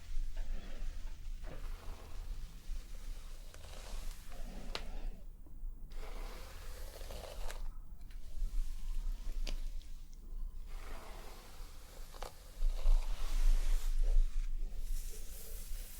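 Scalp massage and hair sounds: steady soft scratching and rustling, brief sharp brushing strokes every few seconds, a low hum underneath, slightly louder near the end.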